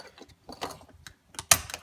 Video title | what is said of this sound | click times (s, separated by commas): Clock Spring Removal Ford Mustang 1994-2004 | just christmas tree snap into place there | 1.5 s